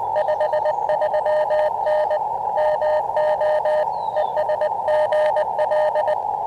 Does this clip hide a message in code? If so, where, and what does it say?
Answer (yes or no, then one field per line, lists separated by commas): yes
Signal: Morse code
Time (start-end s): 0.2-6.1 s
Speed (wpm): 19 wpm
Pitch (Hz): 610 Hz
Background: radio noise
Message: 53N MO ES GL